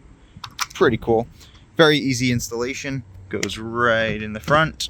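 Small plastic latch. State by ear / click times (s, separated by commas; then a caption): seated / 0.4 s. A sharp click at 0.4 s as the lock button on the front of a 3D printed quick-release license plate mount latches shut, seating the mount. Someone talks before and after the click.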